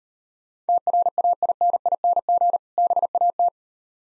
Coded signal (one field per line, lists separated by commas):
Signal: Morse code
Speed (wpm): 39 wpm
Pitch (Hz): 700 Hz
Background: none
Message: TRAINING BAT